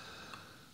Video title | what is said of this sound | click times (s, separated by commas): Build Your First Astrophotography Rig Ep2 | I just heard it click into place there you | 0.3 s